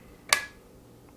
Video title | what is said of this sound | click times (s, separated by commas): How to Mount a Rifle Scope | you heard that click there one for more for good measure and now | 0.3 s